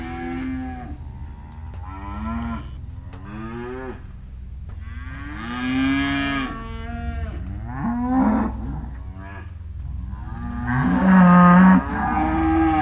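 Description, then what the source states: Cattle lowing repeatedly, many moos of cows and calves, some short and rising, others drawn out and wavering, with a constant low rumble beneath. Cows and calves, described as disconsolate, recorded in December.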